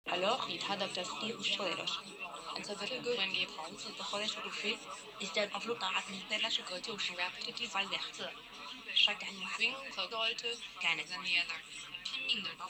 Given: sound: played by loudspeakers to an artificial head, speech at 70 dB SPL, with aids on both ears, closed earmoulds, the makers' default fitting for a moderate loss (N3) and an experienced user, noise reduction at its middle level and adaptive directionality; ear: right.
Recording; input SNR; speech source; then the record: speech test signal (ISTS) in cocktail-party noise; 0 dB; on the right (90 degrees)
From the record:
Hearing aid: class 1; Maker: I